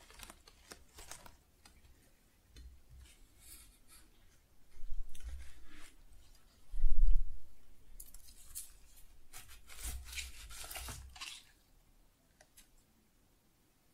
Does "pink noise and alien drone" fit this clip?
no